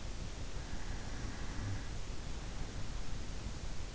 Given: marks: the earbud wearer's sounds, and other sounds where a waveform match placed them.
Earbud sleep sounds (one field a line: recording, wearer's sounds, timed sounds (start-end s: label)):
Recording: sounds in sleep by an in-ear microphone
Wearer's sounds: snoring breath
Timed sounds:
0.69-3.16 s: snoring breath